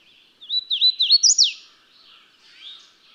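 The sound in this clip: Bird song, a quick phrase of high whistled slurred notes rising in pitch and ending in a sharp downward sweep, followed by faint softer twittering.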